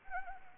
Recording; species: mosquito wingbeat signal from an infrared sensor; Anopheles arabiensis